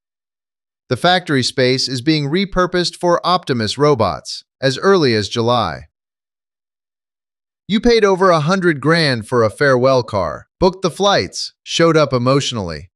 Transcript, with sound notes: The factory space is being repurposed for Optimus robots. As early as July. [pause] You paid over a hundred grand for a farewell car. Booked the flights. Showed up emotionally.